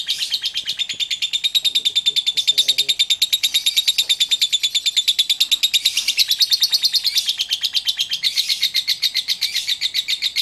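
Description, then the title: Oriental magpie-robin song, a loud, fast run of chattering, rattling high notes repeated about three times a second without pause. "Kicau Kacer"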